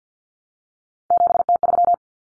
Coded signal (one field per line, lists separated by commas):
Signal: Morse code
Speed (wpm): 50 wpm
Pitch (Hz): 700 Hz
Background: none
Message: 7T3